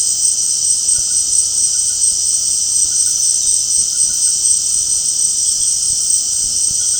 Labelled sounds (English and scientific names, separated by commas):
none